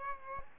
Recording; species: mosquito wingbeat signal from an infrared sensor; Aedes albopictus